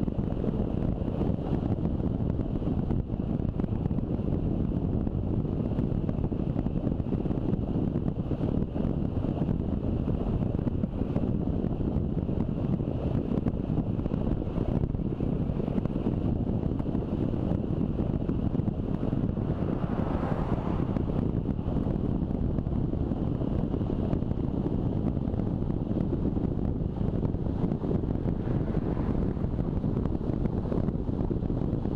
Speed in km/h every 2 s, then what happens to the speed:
32, 31, 31, 31, 30, 31, 31, 32, 32, 32, 33, 35, 36, 38, 40, 40.
0-19 steady at about 31. 19-32 speeds up to 40.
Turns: none.